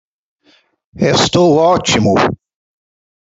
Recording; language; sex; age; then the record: short text; Brazilian Portuguese; male; 50 to 59 years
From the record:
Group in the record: control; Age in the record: 53 years